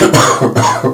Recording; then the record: coughing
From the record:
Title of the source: Cough Around the Clock!